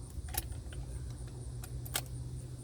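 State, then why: Seated. A pair of steel blades is pushed into the handle of an electric fillet knife, giving several sharp clicks and taps over a low steady hum. The blades click into place at about 2.0 s and are seated and locked in.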